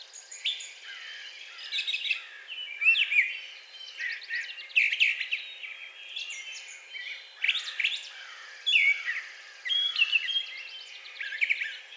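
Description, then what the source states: Brown thrasher delivering an ongoing song of mixed whistled and harsh phrases. Each brief burst differs from the last, with short pauses in between. Recorded 4 June 2020.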